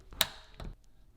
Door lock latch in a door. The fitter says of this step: this doesn't lock but if i do this you're gonna hear the click ready